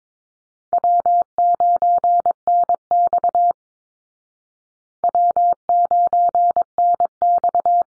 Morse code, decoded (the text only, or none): W9NX W9NX